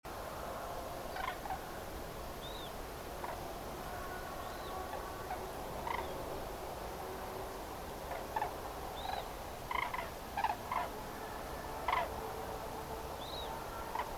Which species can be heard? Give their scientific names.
Grus grus